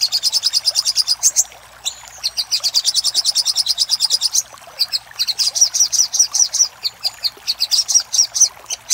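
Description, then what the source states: Little spiderhunter song: rapid high trills broken by brief pauses, each run made of sharp, evenly spaced notes. Master recording for training cage birds; local name sogok ontong labaik.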